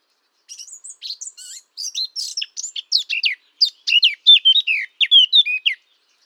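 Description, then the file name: Eurasian Blackcap singing a jumbled, chattering warble that builds into clearer, fluty phrases over several seconds, in an otherwise quiet setting. "sylvia atricapilla"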